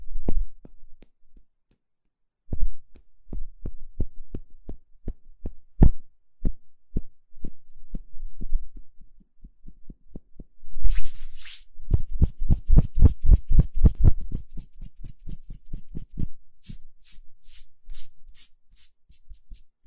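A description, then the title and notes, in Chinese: Hands rub together in a steady run of short, regular strokes, each a soft low thump with a faint brushy edge. After a brief silence near the start, the strokes continue; past the midpoint a brighter rasping burst leads into quicker, denser rubbing that thins toward the end. 搓手手。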